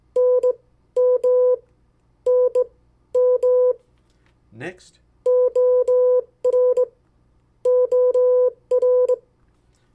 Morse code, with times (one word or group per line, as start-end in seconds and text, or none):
0.2-1.5 NM
2.3-3.7 NM
5.3-6.8 OR
7.7-9.1 OR